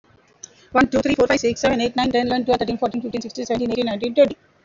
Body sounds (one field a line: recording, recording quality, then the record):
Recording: counting at a fast pace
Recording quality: excellent, no background noise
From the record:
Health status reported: healthy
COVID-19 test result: negative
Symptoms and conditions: cough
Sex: female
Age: 44 years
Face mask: not worn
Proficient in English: yes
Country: India